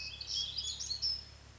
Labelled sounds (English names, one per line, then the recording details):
Hermit Thrush
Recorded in Sonoma County, California